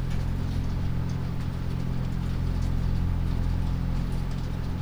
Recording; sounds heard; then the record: poultry house recording; no chicken sound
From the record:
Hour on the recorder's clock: 22